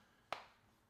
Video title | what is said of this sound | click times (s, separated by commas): PREMIUM PROTECTION! - Nomad Modern Leather Case for iPhone 15 Pro Max | nice click there camera corner has a very good click oh almost dropped the phone | 0.3 s